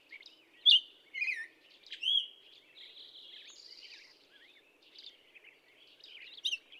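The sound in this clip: Black-headed Grosbeak song: a few loud whistled notes early on, then softer warbled phrases and a final loud note, with faint low background noise.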